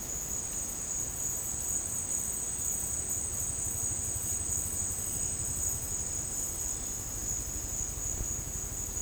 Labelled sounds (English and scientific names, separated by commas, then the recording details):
none
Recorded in secondary vegetation near Puerto Asís, Putumayo, Colombia, on 27 June 2025 at 14:00
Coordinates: 0.484, -76.319
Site G074